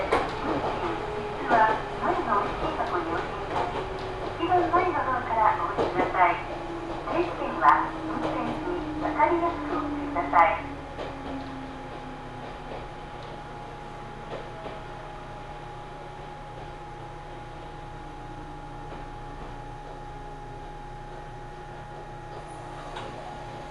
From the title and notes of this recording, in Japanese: 耳で楽しむ鉄道旅 水口・蒲生野線 八日市→貴生川。近江鉄道の南部を走る路線、水口を通りながら貴生川へと抜けていきます。